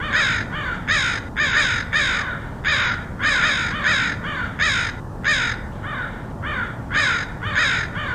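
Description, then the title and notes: Crows giving rapid, irregular harsh caws, several birds calling back and forth with a steady low rumble beneath. Crows recorded in Portland, Oregon, in August 2003. "Crows of Portland. Crows recorded by Dan Bodah in Portland, OR, August 2003"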